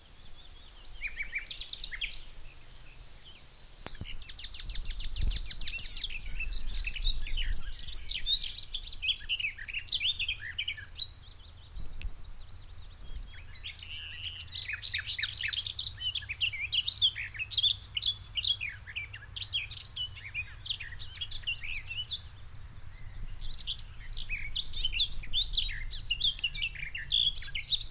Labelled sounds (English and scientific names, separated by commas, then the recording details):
Garden Warbler (Sylvia borin)
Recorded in the wild
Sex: male
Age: adult
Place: Gosener Wiesen, Berlin, DE
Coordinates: 52.41, 13.72
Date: 1989-05-15
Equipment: Uher 4400 Report Monitor, Sennheiser ME 80, K 30 AV
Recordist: Fischer, Stefan